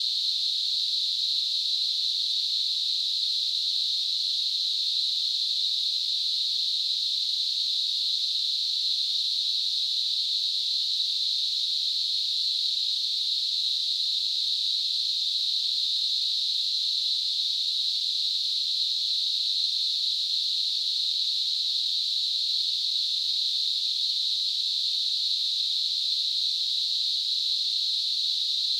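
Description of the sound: Synthesized tinnitus simulation: a steady, unbroken band of hissing noise centered around 4 kHz, lasting throughout, with no low-frequency content.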